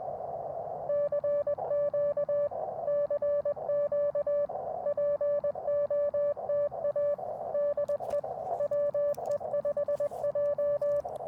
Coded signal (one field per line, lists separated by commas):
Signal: Morse code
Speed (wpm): 20 wpm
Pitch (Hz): 580 Hz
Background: music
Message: CQ CQ POTA DE WE5J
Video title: Black Friday CW POTA at W. Goodrich State Park KX2 & AX1